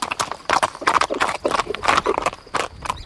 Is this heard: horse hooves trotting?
yes